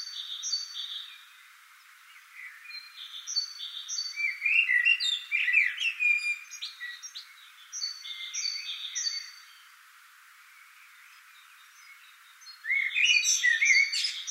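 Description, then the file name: Common blackbird song: two warbled phrases with high twitters, the second at the end, with another bird's thin, high, repeated whistles before and between them. "Turdus merula"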